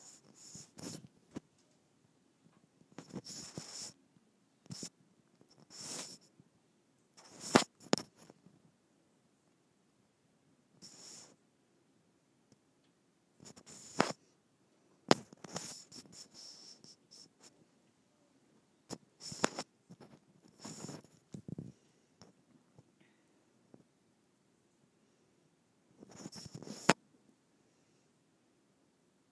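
A microphone rubbed against skin gives brief scraping bursts with hissy highs, coming every second or two between quiet pauses across the clip.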